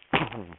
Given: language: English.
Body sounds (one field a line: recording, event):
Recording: throat vibration sensor signal played as sound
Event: cough